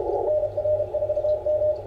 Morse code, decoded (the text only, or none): NR4M